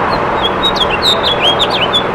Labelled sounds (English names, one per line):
House Finch song